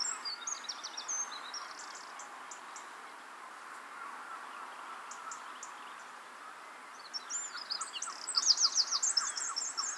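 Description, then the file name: Eurasian wren song, faint high notes at first, then a loud rapid trill and burst of sharp twittering near the end, with a lower bird calling softly. "Troglodytes troglodytes"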